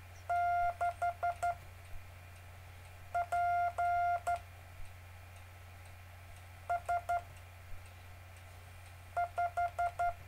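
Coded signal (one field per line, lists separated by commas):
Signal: Morse code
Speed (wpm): 12 wpm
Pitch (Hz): 700 Hz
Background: none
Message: 6 P S 5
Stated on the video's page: Live-streamed continuous circular Morse code practice.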